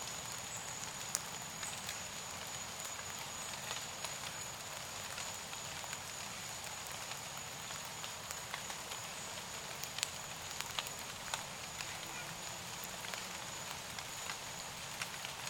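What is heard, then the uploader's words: Steady rain hisses through the woods, with irregular drips and pops scattered throughout, a thin high whine, and a soft low rumble. Rain In The Woods.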